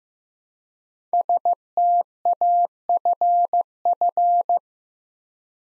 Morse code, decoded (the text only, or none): STAFF